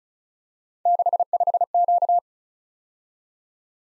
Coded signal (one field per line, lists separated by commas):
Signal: Morse code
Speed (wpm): 36 wpm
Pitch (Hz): 700 Hz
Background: none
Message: 65Q